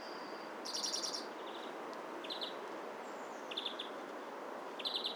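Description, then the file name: European greenfinch giving short stuttered trill bursts, a loud one near the start, then brief chattering series every second or so, with faint thin whistles over steady hiss. "Chloris chloris"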